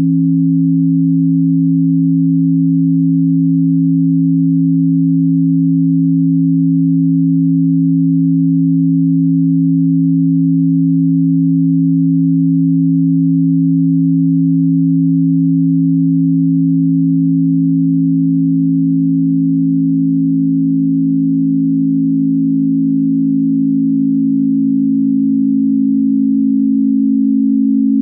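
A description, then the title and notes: An evolving sine wave sequence: a pure, low hum made of two close tones that hold perfectly steady and level for most of the time. After about seventeen seconds the lower tone slowly bends and drifts upward toward the other, and the sound cuts off abruptly. An evolving sine wave sequence.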